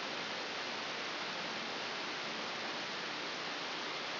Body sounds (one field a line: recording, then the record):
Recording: brain microelectrode recording played as sound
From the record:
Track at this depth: inside the subthalamic nucleus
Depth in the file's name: 5.314 mm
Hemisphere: left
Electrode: 2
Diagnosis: Parkinson's disease